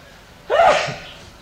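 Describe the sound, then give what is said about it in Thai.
A single sharp sneeze bursts out suddenly, a loud breathy blast with a brief voiced edge that fades into a softer exhale, with no talking around it. “จามนี่มีคนถามหามีคนพูดถึงนี่มีคนนินทาอาจจะจริง”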